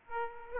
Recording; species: mosquito wingbeat signal from an infrared sensor; Aedes aegypti